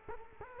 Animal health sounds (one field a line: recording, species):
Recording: mosquito wingbeat signal from an infrared sensor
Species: Culex quinquefasciatus